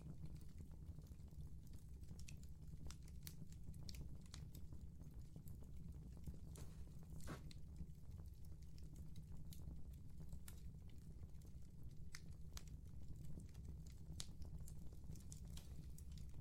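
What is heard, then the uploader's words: A bonfire crackles with sharp, scattered pops every second or so over a steady low rumble, heard fairly quiet throughout. Recording the Subtle Sounds of a Crackling Bonfire.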